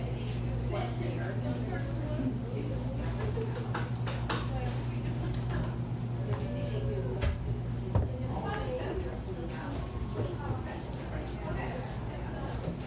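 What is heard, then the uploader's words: A busy coffee shop hums with overlapping chatter from many voices, none clearly in front. A low steady drone runs underneath through the first seven seconds, and sharp clinks and knocks of cups and dishes pop out now and then, notably around four and eight seconds. A buzzing coffee shop.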